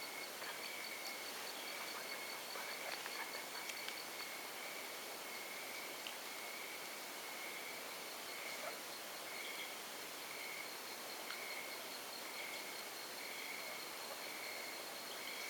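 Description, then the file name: Sting's tree frog calling: short tonal notes repeated roughly once a second, steady throughout, over constant background hiss. "Dendropsophus stingi"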